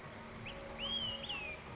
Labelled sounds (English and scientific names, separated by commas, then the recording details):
Olive-sided Flycatcher (Contopus cooperi)
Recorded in Sonoma County, California